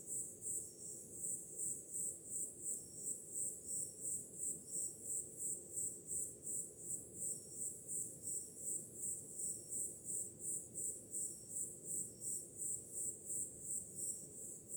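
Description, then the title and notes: Cricket: long run of high chirps pulsing steadily at about three per second, over a continuous low wash of ocean waves. On a summer night, with ocean sounds in the background. "Grilos, cigarras e oceano - Crickets, cicadas and waves. Som do mar ao fundo, grilos e cigarras em uma noite de verão – Ocean, crickets and cicadas in a summer night"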